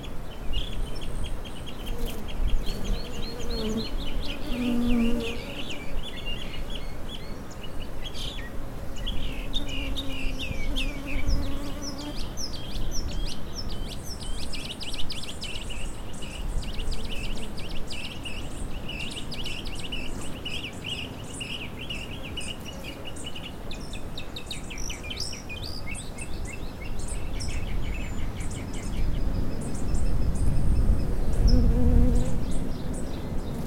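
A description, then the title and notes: Bees hum low and steady around a flowering shrub while birds sing almost without pause above them, with busy, rapid chirps and trills through most of the clip. A few lower calls stand out near the start and end, and the hum swells slightly toward the close. Live iPhone recording via a Shure MOTIV MV88.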